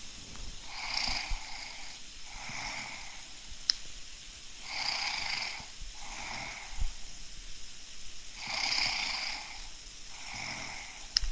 Snoring.